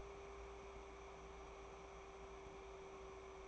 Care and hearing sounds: daily activity, microphone in the room; take from stove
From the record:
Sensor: 1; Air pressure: 1010.3 hPa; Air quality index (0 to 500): 170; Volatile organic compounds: 12 ppm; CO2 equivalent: 2349 ppm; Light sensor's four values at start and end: 54/139/57/73 and 58/151/62/80

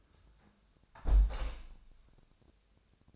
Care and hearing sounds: daily activity, microphone in the room; close window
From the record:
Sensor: 2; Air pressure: 1000.3 hPa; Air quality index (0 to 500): 133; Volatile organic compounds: 2 ppm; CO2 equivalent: 1114 ppm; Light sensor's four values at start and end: 11/31/12/14 and 11/31/12/14

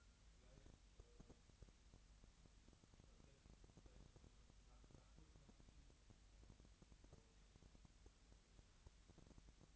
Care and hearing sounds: daily activity, microphone in the room; wipe stove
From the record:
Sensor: 3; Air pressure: 1003.2 hPa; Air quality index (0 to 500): 198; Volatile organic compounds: 6 ppm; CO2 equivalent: 1935 ppm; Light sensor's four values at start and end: 9/21/9/9 and 9/21/9/9

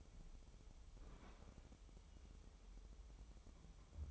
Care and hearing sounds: daily activity, microphone in the room; open fridge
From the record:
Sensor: 1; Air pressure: 988.4 hPa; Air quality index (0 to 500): 199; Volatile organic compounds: 1000 ppm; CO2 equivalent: 5325 ppm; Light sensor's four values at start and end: 27/101/38/40 and 27/101/38/40

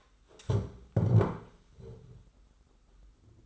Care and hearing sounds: daily activity, microphone in the room; stand up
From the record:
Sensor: 3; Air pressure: 991.6 hPa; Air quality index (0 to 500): 176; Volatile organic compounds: 1000 ppm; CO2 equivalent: 5846 ppm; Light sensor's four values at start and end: 35/99/40/35 and 36/100/41/35

